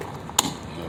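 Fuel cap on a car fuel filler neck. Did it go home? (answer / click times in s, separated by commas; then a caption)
yes / 0.4 s. A keyed plastic Duralast fuel cap is screwed into a car's fuel filler neck until its ratchet clutch gives one sharp click at 0.4 s, a brief bright snap over quiet background noise. The ratchet clicks because the cap is tight, confirming it is on.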